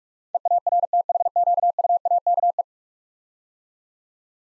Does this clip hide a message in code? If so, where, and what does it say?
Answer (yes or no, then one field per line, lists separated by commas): yes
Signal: Morse code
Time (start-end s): 0.3-2.6 s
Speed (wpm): 46 wpm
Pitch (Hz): 700 Hz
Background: none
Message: EARTHQUAKE